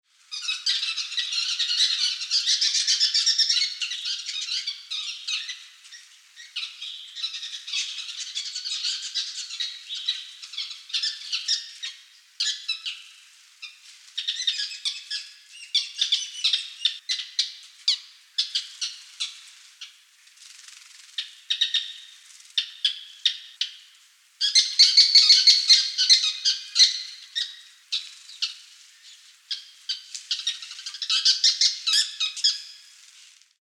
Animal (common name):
Sociable Weaver